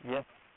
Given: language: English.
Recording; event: throat vibration sensor signal played as sound; speech